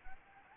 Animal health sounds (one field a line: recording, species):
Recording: mosquito wingbeat signal from an infrared sensor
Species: Anopheles gambiae